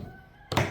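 The molded plastic lid of a US Xtremepower gas-powered post driver's carrying case is closed onto its case body. After a quiet stretch, it shuts with a sharp thunk at 0.5 s and a louder, fuller thud at 0.6 s. The lid is shut and locked down.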